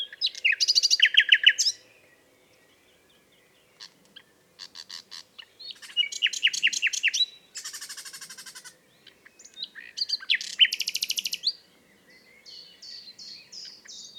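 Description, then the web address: Common nightingale song, several phrases of fast repeated strokes, buzzy rattles and sweeping notes, with short pauses and soft notes between them. "SETE data Luscinia megarhynchos"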